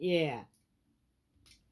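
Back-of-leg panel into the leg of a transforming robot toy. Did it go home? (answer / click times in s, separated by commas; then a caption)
yes / 1.5 s. A back-of-leg panel is pressed closed into the leg of a plastic transforming robot toy. Someone talks briefly, then after a quiet gap a faint, short snap is heard at 1.5 s. The panel snaps solidly into place.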